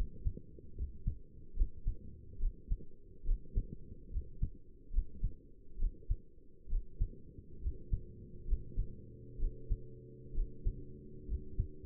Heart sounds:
heart sounds by stethoscope; 69 bpm
0.77 s: heartbeat
1.57 s: heartbeat
2.41 s: heartbeat
3.26 s: heartbeat
4.12 s: heartbeat
4.93 s: heartbeat
5.80 s: heartbeat
6.70 s: heartbeat
7.62 s: heartbeat
8.48 s: heartbeat
9.40 s: heartbeat
10.35 s: heartbeat
11.28 s: heartbeat
From the record:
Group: healthy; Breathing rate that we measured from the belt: 17 breaths a minute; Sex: male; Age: 22 years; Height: 181 cm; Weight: 79 kg

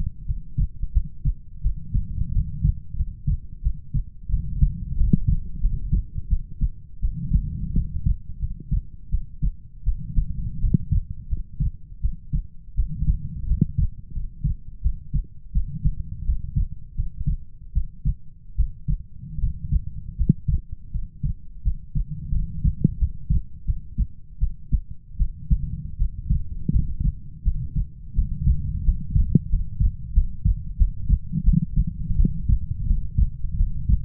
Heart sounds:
heart sounds by stethoscope; 85 bpm
0.25 s: heartbeat
0.92 s: heartbeat
1.62 s: heartbeat
2.32 s: heartbeat
2.96 s: heartbeat
3.62 s: heartbeat
4.29 s: heartbeat
4.96 s: heartbeat
5.60 s: heartbeat
6.28 s: heartbeat
7.00 s: heartbeat
7.73 s: heartbeat
8.39 s: heartbeat
9.10 s: heartbeat
9.84 s: heartbeat
10.60 s: heartbeat
11.28 s: heartbeat
12.00 s: heartbeat
12.75 s: heartbeat
13.46 s: heartbeat
14.12 s: heartbeat
14.81 s: heartbeat
15.52 s: heartbeat
16.24 s: heartbeat
16.95 s: heartbeat
17.73 s: heartbeat
18.55 s: heartbeat
19.39 s: heartbeat
20.16 s: heartbeat
20.91 s: heartbeat
21.62 s: heartbeat
22.31 s: heartbeat
22.97 s: heartbeat
23.65 s: heartbeat
24.38 s: heartbeat
25.17 s: heartbeat
25.97 s: heartbeat
26.71 s: heartbeat
27.43 s: heartbeat
28.14 s: heartbeat
28.84 s: heartbeat
29.49 s: heartbeat
30.13 s: heartbeat
30.77 s: heartbeat
31.44 s: heartbeat
32.16 s: heartbeat
32.86 s: heartbeat
33.56 s: heartbeat
From the record:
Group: healthy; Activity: rest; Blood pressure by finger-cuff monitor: 102/62 mmHg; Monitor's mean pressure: 77 mmHg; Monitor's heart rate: 85 bpm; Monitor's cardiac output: 7.2 L/min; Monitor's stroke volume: 85 mL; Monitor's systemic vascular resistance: 750 dyn s/cm5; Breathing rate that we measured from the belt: 21 breaths a minute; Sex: female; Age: 19 years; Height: 163 cm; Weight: 48.9 kg

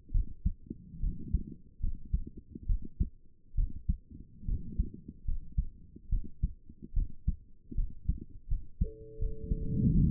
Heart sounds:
heart sounds by stethoscope; 73 bpm
0.11 s: heartbeat
1.00 s: heartbeat
1.80 s: heartbeat
2.66 s: heartbeat
3.55 s: heartbeat
4.45 s: heartbeat
5.24 s: heartbeat
6.09 s: heartbeat
6.93 s: heartbeat
7.74 s: heartbeat
8.48 s: heartbeat
9.18 s: heartbeat
9.94 s: heartbeat
From the record:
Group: healthy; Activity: rest 0-8 s, breath hold 8-10 s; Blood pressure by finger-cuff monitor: 144/76 mmHg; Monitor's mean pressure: 96 mmHg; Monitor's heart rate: 73 bpm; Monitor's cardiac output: 6.7 L/min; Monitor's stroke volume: 92 mL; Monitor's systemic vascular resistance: 1030 dyn s/cm5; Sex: female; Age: 22 years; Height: 154 cm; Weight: 58.7 kg

